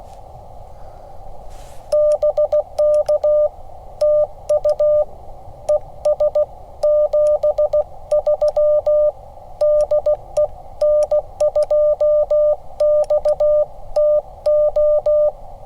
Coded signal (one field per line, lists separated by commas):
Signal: Morse code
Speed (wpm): 16 wpm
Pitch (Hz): 600 Hz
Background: none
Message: BK TU ES 73 DE N2XTO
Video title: "What Are You Doing?": A Ham Radio CW POTA Primer